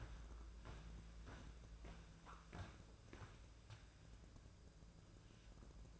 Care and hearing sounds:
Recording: daily activity, microphone in the room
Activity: walk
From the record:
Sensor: 2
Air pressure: 1005.3 hPa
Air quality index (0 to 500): 98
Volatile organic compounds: 2 ppm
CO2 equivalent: 1189 ppm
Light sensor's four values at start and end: 8/20/8/8 and 8/20/8/8

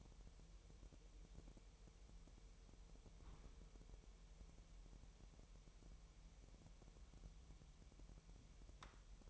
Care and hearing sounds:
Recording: daily activity, microphone in the room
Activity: wipe stove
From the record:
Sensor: 1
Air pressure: 1000.9 hPa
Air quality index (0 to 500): 248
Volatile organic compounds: 145 ppm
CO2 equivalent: 4002 ppm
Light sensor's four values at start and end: 12/28/11/12 and 12/28/11/12

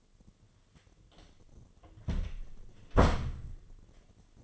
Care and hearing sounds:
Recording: daily activity, microphone in the room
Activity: close door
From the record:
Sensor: 4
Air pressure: 1008.2 hPa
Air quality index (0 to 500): 184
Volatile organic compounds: 6 ppm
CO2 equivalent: 1838 ppm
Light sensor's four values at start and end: 23/72/27/26 and 24/76/29/28

